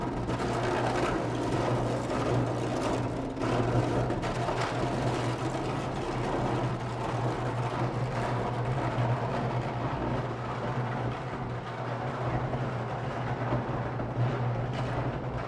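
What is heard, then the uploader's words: An electric arc furnace roars through a meltdown, a dense, continuous crackling rumble with a strong low hum running steadily underneath. The loudness stays high and even for the whole stretch, with brief sharper bursts of crackle scattered throughout, especially around the third and fourth seconds. An electric arc furnace running a "meltdown" process. Three giant electrodes, each 8 feet tall and 1 foot across, create a continuous electrical arcing for melting and mixing ingredients used in industrial steel casting.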